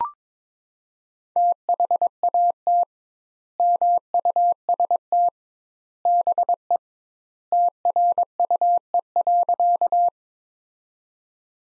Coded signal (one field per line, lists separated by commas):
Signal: Morse code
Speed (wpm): 22 wpm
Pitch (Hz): 700 Hz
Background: none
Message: THAT MUST BE TRUE.